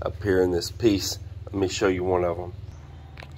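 A recessed LED light with spring clips is handled by a routed teak wood bezel while someone talks. Two brief, faint handling taps come near the end, but nothing has seated or clicked yet.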